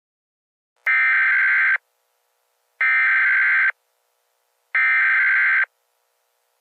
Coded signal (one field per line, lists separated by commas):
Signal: Emergency Alert System (SAME) tones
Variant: header bursts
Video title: EAS Scenario: "The Wormhole"